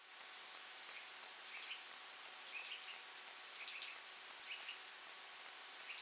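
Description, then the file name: Eurasian blue tit, a high descending note then a quick stuttering trill, repeated once more near the end, with faint scattered chirps in between. "Cyanistes caeruleus"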